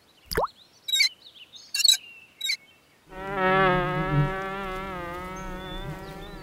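Bee buzzing, a steady low droning hum with rich harmonics that starts after a few sharp clicks and wavers slightly in pitch.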